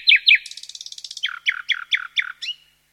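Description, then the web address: Common nightingale giving two loud notes, then a brisk trill of rapid notes, followed by about six loud, falling, slurred notes. At night. "Sound Effects-BBC Nightingales"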